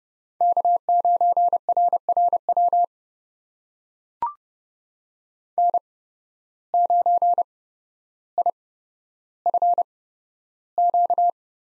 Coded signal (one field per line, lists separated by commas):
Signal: Morse code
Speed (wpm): 30 wpm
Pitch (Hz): 700 Hz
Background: none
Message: K9RRW N9IFQ